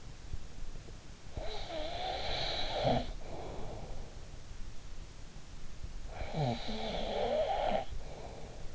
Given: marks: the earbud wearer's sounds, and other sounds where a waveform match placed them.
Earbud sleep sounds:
sounds in sleep by an in-ear microphone; snoring breath
1.18-4.14 s: snoring breath
6.02-8.75 s: snoring breath

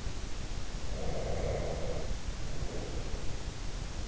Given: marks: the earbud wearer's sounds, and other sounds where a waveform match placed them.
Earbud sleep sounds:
sounds in sleep by an in-ear microphone; breath
0.86-3.49 s: breath

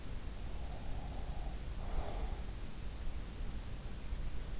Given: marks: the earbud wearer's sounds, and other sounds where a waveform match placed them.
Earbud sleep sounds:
sounds in sleep by an in-ear microphone; breath
0.36-2.77 s: breath

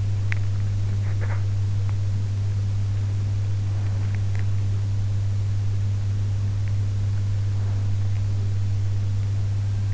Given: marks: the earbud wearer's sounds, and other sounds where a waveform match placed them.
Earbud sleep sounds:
sounds in sleep by an in-ear microphone; teeth grinding
0.00-0.81 s: teeth grinding

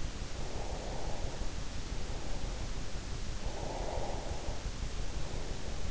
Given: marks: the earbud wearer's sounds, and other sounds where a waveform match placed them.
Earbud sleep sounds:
sounds in sleep by an in-ear microphone; breath
0.26-2.65 s: breath
3.38-5.82 s: breath

